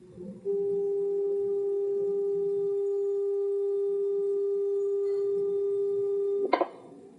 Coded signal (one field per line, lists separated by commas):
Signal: telephone call progress tone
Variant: Japan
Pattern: dial tone